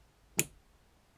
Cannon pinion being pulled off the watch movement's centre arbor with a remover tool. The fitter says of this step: heard that definite click.